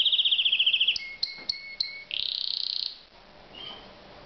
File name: Uccello Canarino